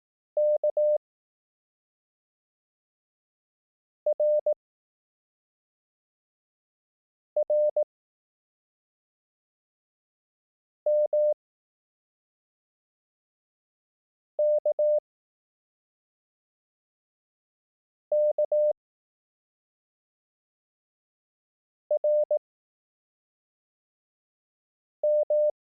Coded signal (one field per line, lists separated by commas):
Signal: Morse code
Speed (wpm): 18 wpm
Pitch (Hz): 600 Hz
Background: none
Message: K R R M K K R M